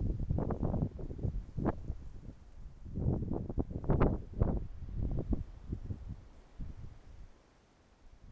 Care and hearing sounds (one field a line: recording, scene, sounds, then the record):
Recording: everyday scene through a hearing-aid microphone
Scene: wind on the microphone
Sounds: wind, traffic, birds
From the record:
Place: suburban garden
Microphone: behind the ear, right, front